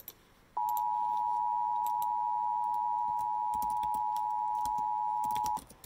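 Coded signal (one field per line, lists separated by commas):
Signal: Emergency Alert System (SAME) tones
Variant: 853 and 960 Hz attention tone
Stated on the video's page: Required Weekly Test heard on a radio station.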